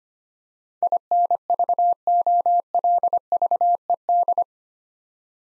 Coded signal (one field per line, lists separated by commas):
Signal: Morse code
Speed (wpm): 25 wpm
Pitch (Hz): 700 Hz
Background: none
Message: INVOLVED